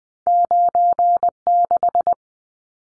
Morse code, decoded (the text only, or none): 96